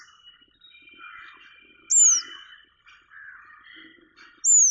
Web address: Purple-rumped Sunbird